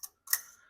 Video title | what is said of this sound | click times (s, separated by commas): Replacing Governor Gear Assembly and Governor Shaft on Kohler Courage 20HP Engine | just click it into place | 0.3 s